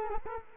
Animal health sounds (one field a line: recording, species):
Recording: mosquito wingbeat signal from an infrared sensor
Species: Culex quinquefasciatus